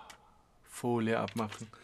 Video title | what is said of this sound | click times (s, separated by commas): Bambulab X1 carbon auspacken ❤️ neues Spielzeug! | und nach links rüber geschoben klack eingerastet | 0.1 s